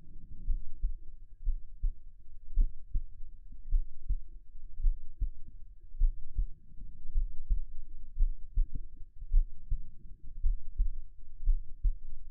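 Low, dull thuds come in steady lub-dub pairs at roughly 55 beats a minute, picked up by a microphone on an adult's chest. These are ordinary heart sounds, with a faint low rumble of contact noise between the beats.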